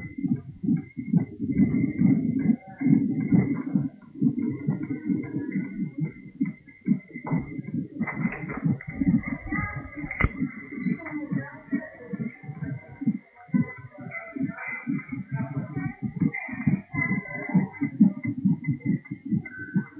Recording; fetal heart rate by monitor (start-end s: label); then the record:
fetal heart sounds by stethoscope on the mother's abdomen
0.00-10.00 s: 134 bpm
10.00-20.00 s: 133 bpm
From the record:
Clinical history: high fetal heart rate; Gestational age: 37 weeks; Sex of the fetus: girl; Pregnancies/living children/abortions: 2/1/0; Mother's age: 30 years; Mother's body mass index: 25.7